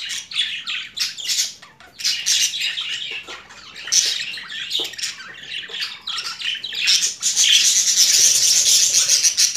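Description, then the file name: Budgerigar calls, busy raspy chattering and squawks throughout, turning into a steady hissing rasp near the end. Female budgerigar; mixed sounds. "Karisik Sesler Disi Muhabbet Kusu Sesi"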